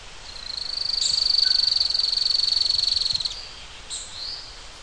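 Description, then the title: Bird trill: a sustained, fast-pulsed buzzy trill at steady high pitch for about three seconds, followed by a couple of brief high chirps. "LuckyPassaro Completos2Sama"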